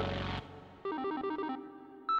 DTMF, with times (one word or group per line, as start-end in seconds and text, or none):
none